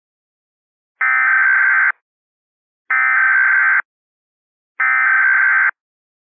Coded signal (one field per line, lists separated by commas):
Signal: Emergency Alert System (SAME) tones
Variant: header bursts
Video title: EAS Scenario - Thunder Strikes